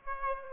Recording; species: mosquito wingbeat signal from an infrared sensor; Aedes aegypti